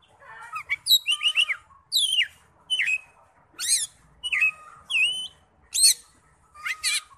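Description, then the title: Oriental magpie-robin singing clear downslurred and upswept whistles with some squeaky, sharp notes, in short spaced phrases. "Kacer"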